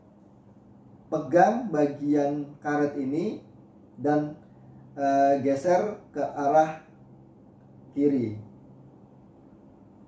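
An objective lens on the revolving nosepiece of an Olympus CX23 LED binocular microscope is handled by its rubber grip and turned to the left to bring the next objective into the light path. Someone talks throughout, and no distinct mechanical sounds stand out. Nothing has clicked or seated into its detent yet.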